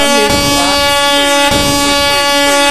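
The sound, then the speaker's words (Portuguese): A loud, sustained air horn blares continuously, its stacked harmonic tones steady throughout, with brief wavering sweeps and faint background chatter underneath. “Pera que eu trouxe a buzinada.”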